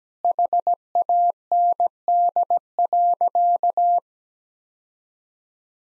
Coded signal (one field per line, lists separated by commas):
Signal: Morse code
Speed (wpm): 17 wpm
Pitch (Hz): 700 Hz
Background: none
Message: HAND.